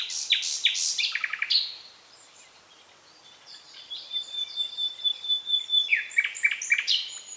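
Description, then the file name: Common nightingale song: rapid sharp chattering notes, a pause with faint thin whistles, then another burst of varied chirps and trills. "Luscinia megarhynchos"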